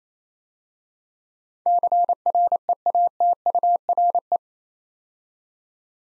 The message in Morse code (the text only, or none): CREATURE